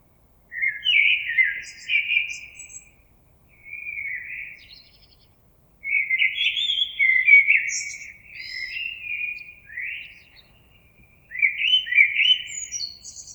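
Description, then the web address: Common blackbird singing fluty, varied phrases with brief high squeaky twitters, separated by short pauses of up to about one second. Recorded 26 April 2022. "oiseaux Merle 2022 04 26"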